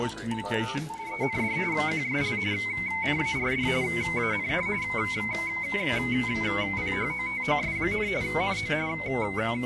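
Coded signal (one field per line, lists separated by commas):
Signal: RTTY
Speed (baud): 45.45 baud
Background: speech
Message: END QSL CARD AND PHOTOS, NO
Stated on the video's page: RTTY transmission from the ARRL commemorating 100 years of radio as a service.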